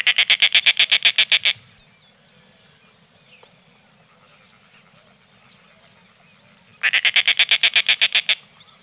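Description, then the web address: Snail kite giving a dry, rattling cackle of about fifteen rapid harsh notes, repeated after a pause of about five seconds. "Peterson North American Birds"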